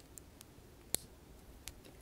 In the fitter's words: that is a very satisfying snap but